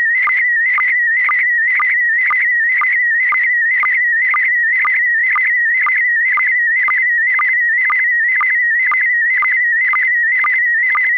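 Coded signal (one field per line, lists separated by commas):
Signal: SSTV (slow-scan television)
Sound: warbling steady tone near 2 kHz with a short low blip about twice a second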